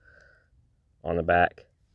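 A plastic primer plunger is handled before being pressed into its clips on the carburetor of a Husqvarna leaf blower that will not stay running. After a quiet stretch with faint background noise, someone talks briefly around 1.0 to 1.5 seconds. Nothing has seated or clicked yet.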